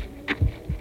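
Two soft, deep thuds close together form a single lub-dub of a human heartbeat, preceded by a brief faint click. The clip is too short to judge rate or rhythm.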